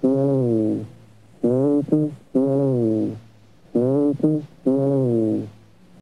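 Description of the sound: Abnormal bronchophony heard over an adult chest through a stethoscope: the repeated spoken "99" comes through loud and clear, with voiced harmonics, five times in six seconds, simulated.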